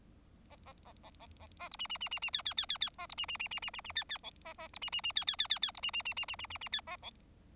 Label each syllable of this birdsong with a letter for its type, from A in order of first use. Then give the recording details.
A A A B B B A C D D D D D E E E E E A C D D D D D D D E E B A A C D D D E E E E E C D D D D D D D D E A B. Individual Bird4